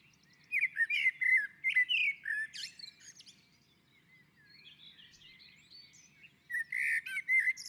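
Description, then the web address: Common blackbird song: two fluted, warbling phrases mixed with high, squeaky twitters, separated by a few quieter seconds. On a roof. "sammel Naturinspelningar Koltrast på taket"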